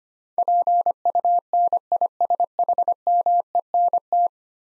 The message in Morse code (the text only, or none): PUNISHMENT